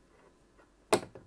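A screwdriver turns a spring-loaded mounting screw of a Thermalright Assassin King 120 SE ARGB CPU cooler backwards on an AM4/AM5 mounting bracket standoff until the thread drops into place with a sharp click at 0.9 s, followed by a fainter tick at 1.2 s. The screw has caught its thread and is seated, ready to be tightened.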